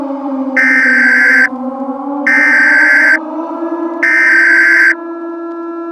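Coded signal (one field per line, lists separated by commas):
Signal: Emergency Alert System (SAME) tones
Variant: header bursts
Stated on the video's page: Fictional analog-horror EAS scenario.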